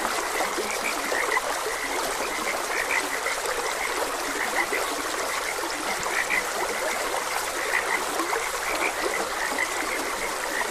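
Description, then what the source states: Many frogs croaking, brief notes popping up every moment, mixed with the unbroken babble of a stream. Frogs croaking beside a gentle stream.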